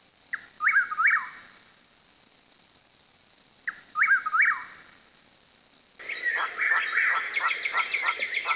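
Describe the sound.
Birds calling: two separate bursts of short whistled notes, then a dense run of rapid chirps and twitters.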